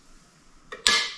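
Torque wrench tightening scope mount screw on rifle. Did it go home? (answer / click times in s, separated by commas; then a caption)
yes / 0.9 s. A preset torque wrench tightens a screw on the scope mount or rings of a Bergara B14 rifle. A faint tick at 0.7 s leads into a sharp, bright click at 0.9 s that rings and fades. The wrench has clicked at its 15-pound setting, confirming the screw is torqued.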